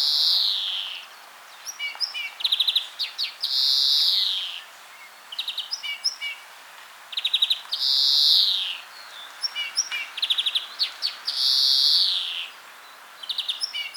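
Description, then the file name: European greenfinch giving long, drawn-out nasal wheezes roughly every four seconds, alternating with short bursts of rapid twittering trills, in steady faint background hiss. "Chloris chloris"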